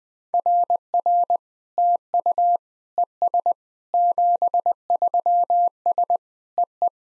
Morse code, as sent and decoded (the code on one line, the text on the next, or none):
.-. .-. / - ..- / . ... / --... ...-- ... / . .
RR TU ES 73S EE